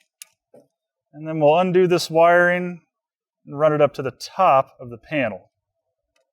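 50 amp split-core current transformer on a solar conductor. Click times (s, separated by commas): 0.2 s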